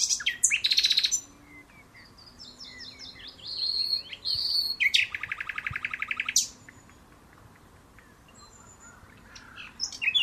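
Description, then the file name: Common nightingale singing varied phrases, quick chirps and whistled notes, then a dense, loud run of rapid repeated notes ending abruptly, followed by quiet and a brief phrase at the end. "Luscinia megarhynchos"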